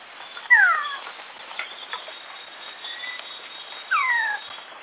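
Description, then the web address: Uniform antshrike: two slurred, descending notes a few seconds apart, with a thin, steady high drone behind. Recorded in Ecuador. "Birds of Ecuador. Uniform Antshrike"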